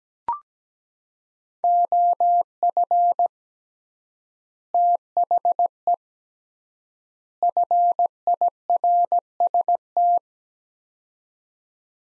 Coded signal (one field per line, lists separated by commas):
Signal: Morse code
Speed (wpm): 17 wpm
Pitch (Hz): 700 Hz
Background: none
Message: OF THE FIRST